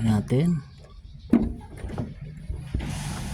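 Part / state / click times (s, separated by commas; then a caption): harness connector into park light plug / not seated / none. The camera harness lead for a back camera installation on a 2019 to 2024 Vios Gen 4.5 is pushed into the park light connector while someone talks. Brief plastic contact sounds occur around 1.3 s and 2.0 s. The connector has not clicked or seated yet.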